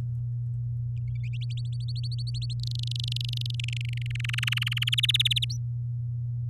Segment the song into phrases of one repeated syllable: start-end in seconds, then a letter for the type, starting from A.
1.50-2.53 A, 2.59-3.55 B, 3.59-4.07 C, 4.10-4.95 D, 4.97-5.45 E, 5.49-5.57 F